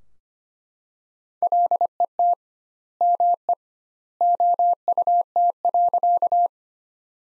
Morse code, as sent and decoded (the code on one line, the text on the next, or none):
.-.. . - / -- . / --- ..- - .-.-.-
LET ME OUT.